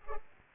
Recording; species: mosquito wingbeat signal from an infrared sensor; Culex pipiens